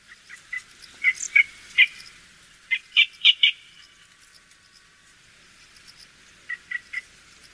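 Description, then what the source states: Yellow bittern calls: short notes in uneven groups of three or four, a long pause, then a final trio. Juvenile bird.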